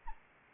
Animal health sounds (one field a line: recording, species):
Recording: mosquito wingbeat signal from an infrared sensor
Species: Anopheles arabiensis